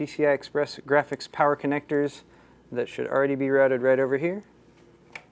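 An 8-pin PCI Express power plug from the power supply is pushed into the graphics card's power socket. Someone talks for most of the clip, then after a quiet pause a short, sharp click sounds at 5.2 s. The connector seats in the graphics card.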